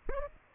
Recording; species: mosquito wingbeat signal from an infrared sensor; Aedes aegypti